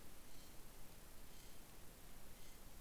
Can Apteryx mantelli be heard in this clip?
no